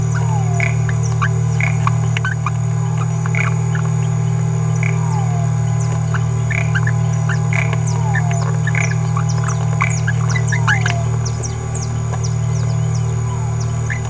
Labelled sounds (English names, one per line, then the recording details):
Green-rumped Parrotlet babbling
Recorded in a nest box in Venezuela
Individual 18B17A3